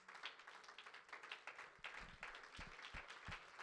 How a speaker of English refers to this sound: Would you clap your hands one more time to the Lord?